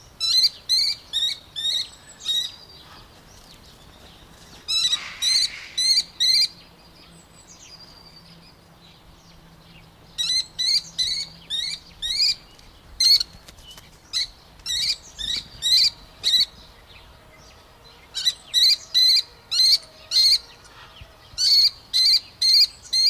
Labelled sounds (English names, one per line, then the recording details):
Mauritius Kestrel call
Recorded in captivity
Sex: male
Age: adult
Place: Tierpark Berlin, Berlin, DE
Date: 1998-03-28 13:34
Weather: bedeckt, 10 - 12°C
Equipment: Nagra SN, Kopie Uher 4000 Report Monitor
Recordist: Tembrock, Günter